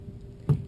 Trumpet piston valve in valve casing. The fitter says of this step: and it should click if it will not turn or you hear a click